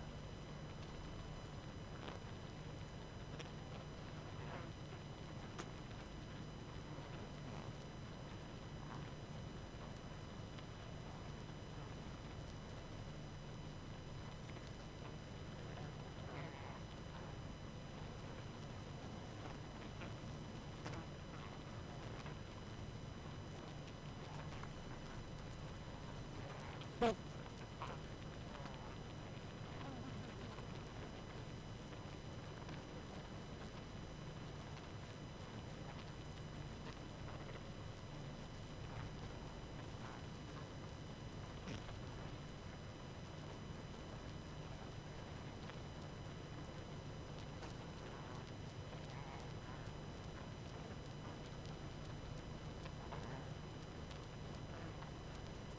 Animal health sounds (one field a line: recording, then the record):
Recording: honeybee colony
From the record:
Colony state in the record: active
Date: 12 June 2018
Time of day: 20:44